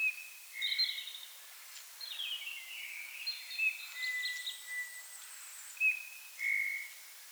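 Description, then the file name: Eurasian bullfinch calls, soft short piping whistles near the start and end, amid a busy chorus of other small birds' chirps and thin high notes. "Pyrrhula pyrrhula"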